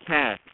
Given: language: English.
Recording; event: throat vibration sensor signal played as sound; speech